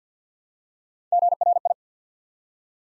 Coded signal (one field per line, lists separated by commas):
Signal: Morse code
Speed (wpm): 50 wpm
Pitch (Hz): 700 Hz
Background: none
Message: GRI